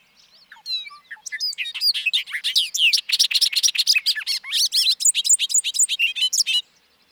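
Bobolink in full song: a long, bubbling outpouring of rapid metallic notes, several per second, running on for nearly six seconds before stopping.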